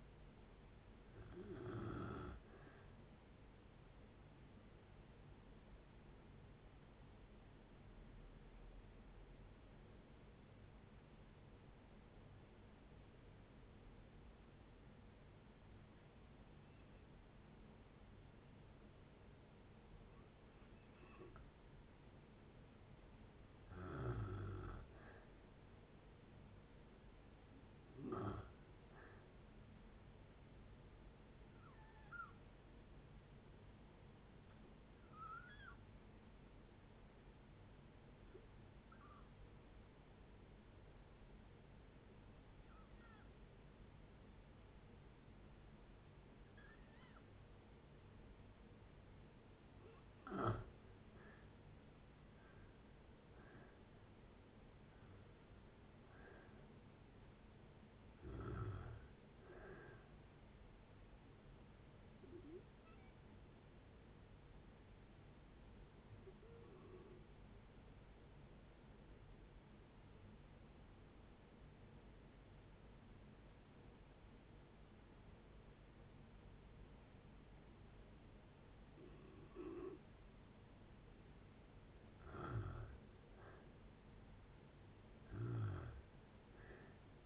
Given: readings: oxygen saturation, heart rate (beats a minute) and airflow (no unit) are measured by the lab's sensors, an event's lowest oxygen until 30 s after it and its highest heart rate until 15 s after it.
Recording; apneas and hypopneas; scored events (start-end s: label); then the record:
breathing in sleep by a voice recorder at the bedside; 3
5.00-23.50 s: hypopnea (N1, oxygen 95% highest, then 85% lowest, heart rate 70 at the start, 70 highest)
32.00-50.90 s: hypopnea (N1, oxygen 94% highest, then 84% lowest, heart rate 62 at the start, 71 highest)
70.00-82.10 s: obstructive apnea (N1, oxygen 96% highest, then 85% lowest, heart rate 58 at the start, 69 highest)
85.00-87.25 s: new sleep stage, N2 (light sleep)
From the record:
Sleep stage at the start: N1 (lightest sleep); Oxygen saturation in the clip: 84 to 96%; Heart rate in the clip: 58 to 71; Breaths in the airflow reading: 18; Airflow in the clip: -6.0 to 7.9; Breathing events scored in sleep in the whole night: 496 in 5.4 hours asleep